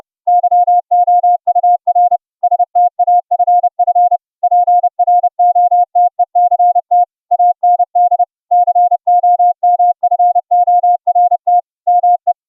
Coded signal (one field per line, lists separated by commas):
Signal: Morse code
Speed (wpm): 30 wpm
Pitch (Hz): 710 Hz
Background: none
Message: YOUR STAFF PROTECT AND COMFORT ME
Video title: QSO'n Morse Code CW over the internet - using the FREE streaming app - ULTRAGRID